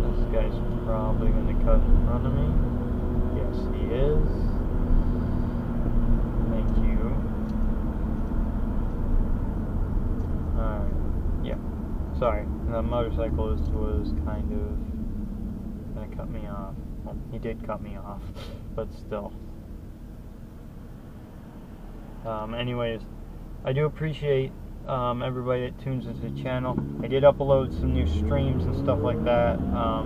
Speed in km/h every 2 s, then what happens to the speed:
60, 60, 66, 56, 50, 42, 34, 23, 11, 3, 0, 0, 0, 0, 0.
0-5 speeds up to 66. 5-19 brakes to 0. 19-28 standing.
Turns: none.